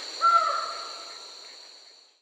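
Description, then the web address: Lined forest-falcon call: a single note that trails off slowly, over a steady high hum. South America. "Natures Songs S America Lined Forest-Falcon"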